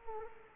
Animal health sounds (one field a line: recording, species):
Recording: mosquito wingbeat signal from an infrared sensor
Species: Culex quinquefasciatus